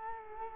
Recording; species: mosquito wingbeat signal from an infrared sensor; Culex quinquefasciatus